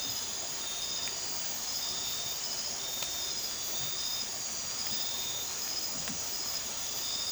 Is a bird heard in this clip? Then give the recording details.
no. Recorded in dense forest near Puerto Asís, Putumayo, Colombia, on 20 December 2024 at 02:00. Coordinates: 0.467, -76.328. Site GP05